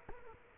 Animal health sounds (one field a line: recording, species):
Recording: mosquito wingbeat signal from an infrared sensor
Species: Culex quinquefasciatus